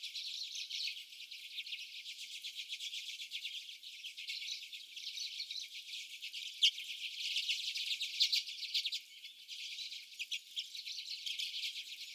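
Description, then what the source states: Common redpoll flock twittering continuously, many soft buzzy chips blending into a steady chorus with a few sharper notes standing out. More than one common redpoll.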